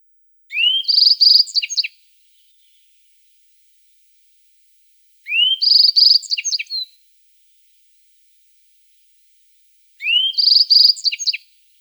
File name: Ovsjanka zheltobrovaja